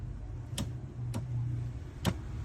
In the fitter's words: Ayan, lapit mo konti para mas malakas yung click.